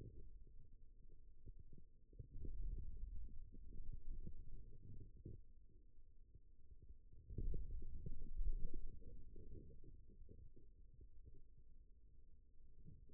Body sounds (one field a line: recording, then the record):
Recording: forearm muscle sounds (acoustic myography)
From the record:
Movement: wrist flexion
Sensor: system 2, bracelet of six BSWA MPA416 microphones around the upper forearm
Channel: 6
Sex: male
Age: 22 years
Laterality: right